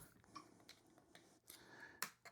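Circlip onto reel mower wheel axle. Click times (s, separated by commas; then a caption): 2.0 s. A steel circlip (retaining ring) on a Fiskars reel mower wheel axle is slid along with a screwdriver, giving a few faint scraping ticks. At 2.0 s it snaps sharply into its groove, seating to hold the wheel in place, followed by a softer tick. No one talks.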